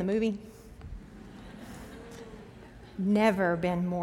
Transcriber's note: laughter